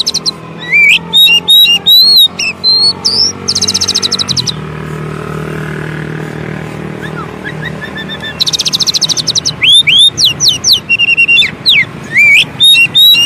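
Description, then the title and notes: Oriental magpie-robin song: loud whistled phrases with rising sweeps and rapid buzzy trills in bursts, separated by a pause of low background hum. Long-duration 'isian' (training) song meant to make magpie-robins sing vigorously ('gacor') day and night. "Kacer Jadi Gacor Siang Malam. Isian Kacer Durasi Panjang"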